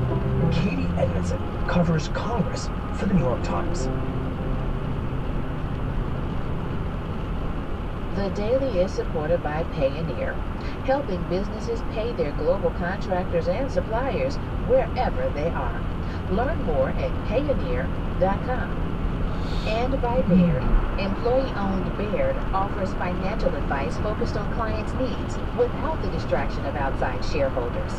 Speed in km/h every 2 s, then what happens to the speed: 106, 106, 106, 106, 105, 103, 103, 106, 108, 109, 109, 109, 108, 105.
0-12 steady at about 106. 12-21 speeds up to 109. 21-28 steady at about 108.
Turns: none.